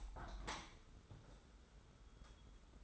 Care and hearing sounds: daily activity, microphone in the room; open window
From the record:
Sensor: 3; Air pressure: 991.2 hPa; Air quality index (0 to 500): 128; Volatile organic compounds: 151 ppm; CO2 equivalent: 4027 ppm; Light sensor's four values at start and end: 49/134/54/48 and 48/133/54/48

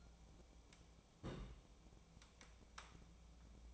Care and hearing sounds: daily activity, microphone in the room; place on stove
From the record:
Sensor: 1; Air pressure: 1000.0 hPa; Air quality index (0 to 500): 133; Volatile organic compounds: 2 ppm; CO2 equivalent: 1259 ppm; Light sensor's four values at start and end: 42/107/45/56 and 42/107/45/56

